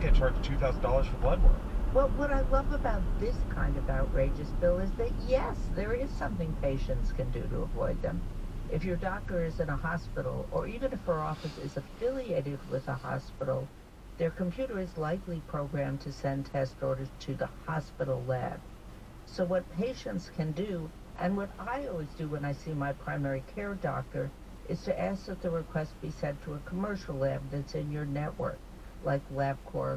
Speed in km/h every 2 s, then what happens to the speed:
47, 40, 31, 23, 10, 6, 0, 0, 0, 0, 0, 0, 0, 0, 0.
0-11 brakes to 0. 11-30 standing.